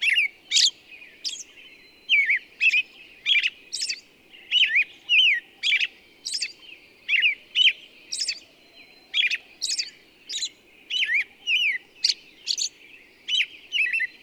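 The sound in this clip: Bird chirping steadily in quick, irregular bursts nearly two per second, mixing bent mid-pitched notes with high sharp ticks, against a soft low rumble.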